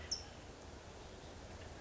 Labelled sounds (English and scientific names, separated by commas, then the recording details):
California Towhee (Melozone crissalis)
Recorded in Sonoma County, California